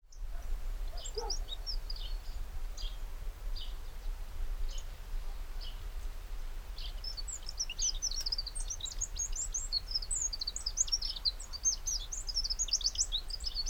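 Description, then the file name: Eurasian wren song, scattered high notes at first, then a dense run of rapid, very high twittering trills through the second half, over steady low background rumble. "Troglodytes troglodytes"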